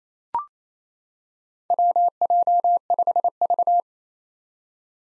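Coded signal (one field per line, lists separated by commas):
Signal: Morse code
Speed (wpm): 28 wpm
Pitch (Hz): 700 Hz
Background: none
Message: WJ5V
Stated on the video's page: Morse drill at 28 wpm of four-character combinations of confusable letters and numbers, sent, spoken, then sent again.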